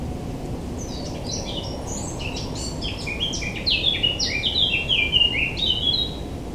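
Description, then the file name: Long blackcap song phrase: several seconds of rapid, subdued, scratchy warbling, breaking into loud, rich fluty whistles that leap between high and low notes. "Sylvia atricapilla"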